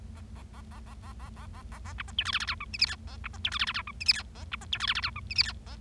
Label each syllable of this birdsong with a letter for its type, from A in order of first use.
A A A A A A A A A A A B C D E F F G H I J K A B C D E F F G H I J K A B C D E F F G H I J K A